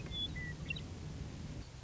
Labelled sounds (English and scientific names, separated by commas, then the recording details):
Western Meadowlark (Sturnella neglecta)
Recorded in Sonoma County, California